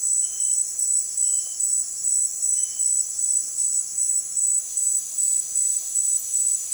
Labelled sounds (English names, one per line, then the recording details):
none
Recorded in dense forest near Puerto Asís, Putumayo, Colombia, on 19 February 2024 at 18:00
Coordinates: 0.502, -76.326
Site G6460